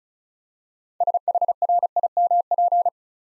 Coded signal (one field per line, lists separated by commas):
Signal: Morse code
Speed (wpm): 36 wpm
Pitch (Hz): 700 Hz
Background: none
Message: SHRIMP